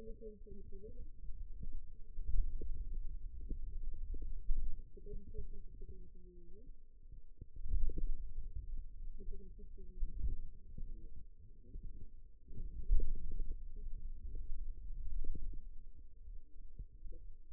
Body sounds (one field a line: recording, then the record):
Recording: forearm muscle sounds (acoustic myography)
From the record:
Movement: finger pinch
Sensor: system 2, bracelet of six BSWA MPA416 microphones around the upper forearm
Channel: 3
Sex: female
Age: 21 years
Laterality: right